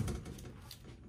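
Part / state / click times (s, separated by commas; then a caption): soft tonneau cover rear edge onto pickup bed rail / not seated / none. The rear edge of a soft roll-up North Mountain tonneau cover is pulled down toward the bed rail of a Honda Ridgeline pickup, making scattered handling noises with small taps near 0.1, 0.3, 0.4 and 0.7 seconds. The clip ends before the cover's clamp snaps onto the rail, so nothing has seated yet.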